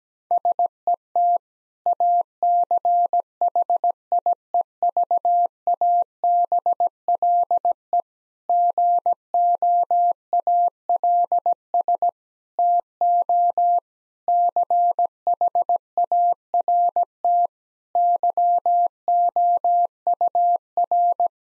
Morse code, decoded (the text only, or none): SET ACHIEVABLE GOALS TO CHART YOUR